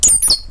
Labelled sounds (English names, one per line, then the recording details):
Stitchbird song
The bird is a male
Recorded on Tiritiri Matangi Island, New Zealand, in 2005
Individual 10, of nest box 12